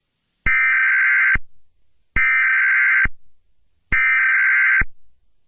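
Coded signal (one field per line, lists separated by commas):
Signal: Emergency Alert System (SAME) tones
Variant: header bursts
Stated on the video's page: Simulated EAS scenario about a toxic virus.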